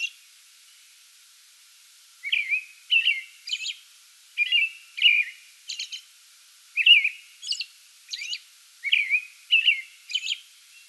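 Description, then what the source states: American robin: a brief note, a pause of about two seconds, then repeated slurred carols mixed with sharp high squeaks at a fairly steady pace. Pre-dawn song bout, recorded 8 May 2022.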